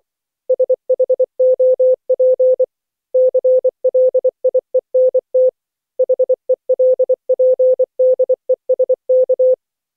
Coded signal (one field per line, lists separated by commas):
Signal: Morse code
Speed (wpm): 24 wpm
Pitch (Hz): 510 Hz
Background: none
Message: SHOP CLIENT HELPDESK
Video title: Daily Minutes, November 19, 2015, without the Contestia.